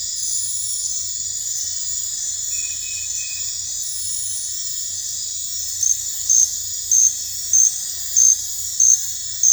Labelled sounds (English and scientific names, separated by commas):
none